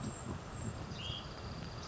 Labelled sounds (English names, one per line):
Hutton's Vireo